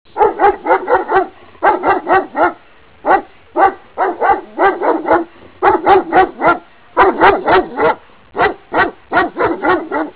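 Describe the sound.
Dog barking in quick bursts of several sharp barks, with short pauses between groups, continuing throughout; no other clear sounds.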